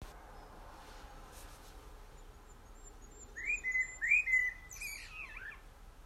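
Bird song: a few short whistled notes near the middle, then a quick burst of squeaky, sliding chirps, over steady low background noise.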